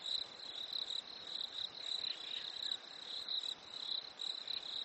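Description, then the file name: Crickets give shrill, fast pulsed chirps held at one high pitch, rising and falling in loudness in waves. Nature ambience at a lake in winter. "smartsound ATMO NATURE Fresh Winter Lake Crickets Birds"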